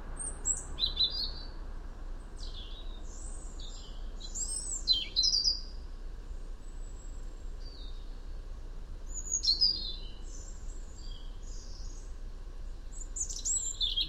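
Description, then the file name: European robin song: repeated short bursts of high, varied twittering and thin whistles scattered throughout, set against a steady low rushing noise. "Erithacus rubecula"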